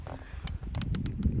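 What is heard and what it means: An adjustable plastic zip-tie-style ratcheting strap clamp is squeezed down with pliers around maple sap mainline tubing at a fitting. Sharp ratchet clicks ring out at 0.5, 0.8, 1.0 and 1.1 seconds over a low background rumble. The clamp clicks tight and locks in place.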